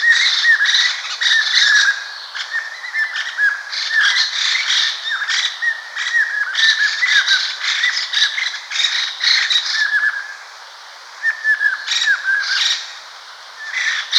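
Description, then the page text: Lesser Necklaced Laughingthrush group scolding: dense overlapping harsh rattling chatter from several birds, continuous with brief pauses. Group of birds giving scolding calls. "Lesser Necklaced Laughingthrush Group Scolding Calls. Quick Sounds"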